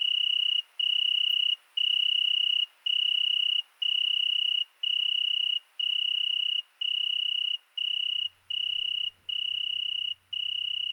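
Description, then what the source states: Italian tree cricket singing long, clear high trills with brief gaps, joined near the end by a faint low hum in the background. Night, 22:30, 13 August 2020, Fourcinet ValMaravel; single cricket singing for two nights in Virginia creeper beneath a window; recorded with Nagra Seven and MKH40 cardioid microphone.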